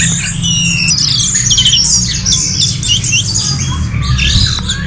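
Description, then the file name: Orange-headed thrush singing a dense, continuous run of varied whistles and chattering notes, with a steady low hum underneath throughout. "anis merah omkicau"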